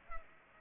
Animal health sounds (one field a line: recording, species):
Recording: mosquito wingbeat signal from an infrared sensor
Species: Culex pipiens